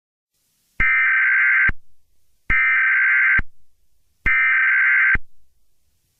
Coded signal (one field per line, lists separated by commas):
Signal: Emergency Alert System (SAME) tones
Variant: header bursts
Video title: 💀💀💀| An EAS Scenario